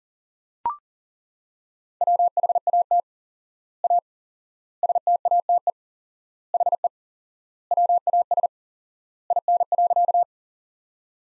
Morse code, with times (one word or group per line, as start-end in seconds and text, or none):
2.0-3.0 WHAT
3.8-4.0 A
4.8-5.7 STATE
6.5-6.9 HE
7.7-8.5 WAS
9.3-10.2 IN.